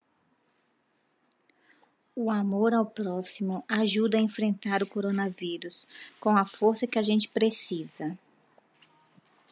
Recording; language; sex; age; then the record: spoken sentence; Brazilian Portuguese; female; 40 to 49 years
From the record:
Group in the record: control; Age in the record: 42 years